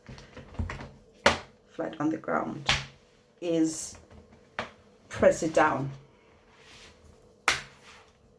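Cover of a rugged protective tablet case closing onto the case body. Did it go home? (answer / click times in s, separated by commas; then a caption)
yes / 7.5 s. The cover of a rugged ATEX Zone 2 protective case for an iPad or iPhone is laid flat and pressed down onto the case body while someone talks. A sharp click at 7.5 s shows the cover has snapped shut and seated.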